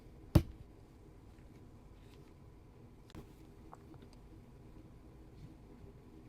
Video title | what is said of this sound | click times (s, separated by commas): XB One by Xbility RC — World Champion Performance in 1/28 Scale! | Little click. Okay, | 0.4 s